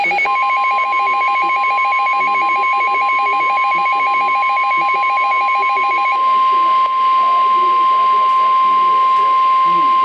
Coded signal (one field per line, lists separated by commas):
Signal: Emergency Alert System (SAME) tones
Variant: 1050 Hz attention tone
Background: speech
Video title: Severe Thunderstorm Warning (EAS #736)